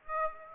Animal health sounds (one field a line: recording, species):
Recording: mosquito wingbeat signal from an infrared sensor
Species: Aedes aegypti